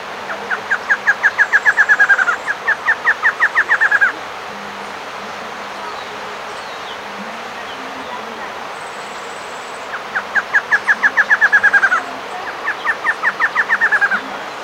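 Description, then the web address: Bird giving rapid trilled phrases of clipped notes, each burst lasting a couple of seconds, then pausing and repeating, over a steady low hum. "BIRD 2015 SABIOD"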